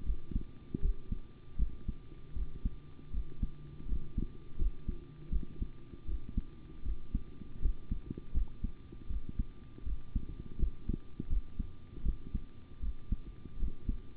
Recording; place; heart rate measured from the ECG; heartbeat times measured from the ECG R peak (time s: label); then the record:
heart sounds by stethoscope; between the tricuspid and mitral areas; 80 bpm
0.04 s: heartbeat
0.80 s: heartbeat
1.57 s: heartbeat
2.33 s: heartbeat
3.11 s: heartbeat
3.86 s: heartbeat
4.57 s: heartbeat
5.30 s: heartbeat
6.06 s: heartbeat
6.83 s: heartbeat
7.60 s: heartbeat
8.32 s: heartbeat
9.07 s: heartbeat
9.84 s: heartbeat
10.57 s: heartbeat
11.28 s: heartbeat
12.03 s: heartbeat
12.80 s: heartbeat
13.57 s: heartbeat
From the record:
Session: rest, sitting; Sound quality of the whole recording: good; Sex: male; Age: 25 years